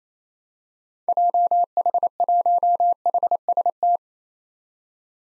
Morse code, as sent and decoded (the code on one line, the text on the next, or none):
.--- .... .---- .... ... -
JH1HST